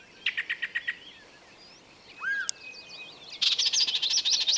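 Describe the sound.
Birds calling: six rapid bright notes, a downward slurred whistle, then a loud, harsh, buzzy rattle to the end.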